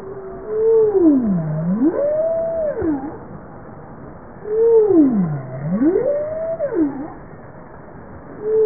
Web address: Bowhead Whale bowhead